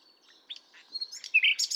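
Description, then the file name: Common nightingale song: brief, varied phrase of soft notes building to a loud, bright, buzzy flourish. "Luscinia megarhynchos"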